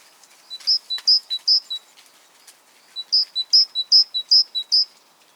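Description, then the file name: Great tit song, clear two-note phrases repeated briskly, with a pause of about a second in the middle before the series resumes. "Parus major"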